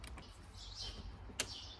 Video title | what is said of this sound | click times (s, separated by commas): Headliner & Roof Airbag Replacement Honda Civic (16-2021) | As you just heard it click. | 1.4 s